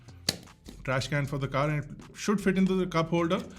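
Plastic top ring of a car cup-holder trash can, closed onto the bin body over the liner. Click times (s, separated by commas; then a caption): 0.3 s. A plastic top ring of a small car cup-holder trash can is closed onto the bin body over a stuffed-in garbage liner and locks into place with a sharp, fast-decaying click at 0.3 s. Someone then talks.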